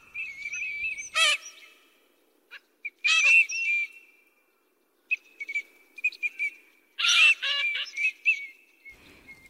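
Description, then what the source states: Eurasian teal calling with bright whistled notes, some doubled, between rougher squeaky bursts, with short silent gaps between clusters. Recorded at Miyaike pond, Kagawa Prefecture, Japan.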